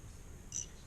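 A child presses a plastic piece onto a plastic brick creature model. A single sharp snap is heard at 0.6 s over faint background hiss as the piece snaps into place.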